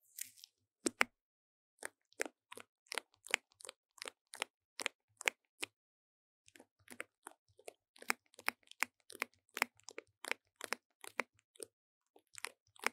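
Paper tape being pressed and rubbed onto a microphone makes sharp, crisp crunching taps, irregular at first, pausing near six seconds, then quicker and denser.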